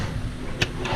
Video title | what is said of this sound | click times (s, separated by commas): 2016 Harris Grand Mariner 250 SL Tritoon with 300HP Mercury 4-Stroke on Norris Lake - SOLD! | this counter pops up and locks into place gives you some additional counter space | 0.6 s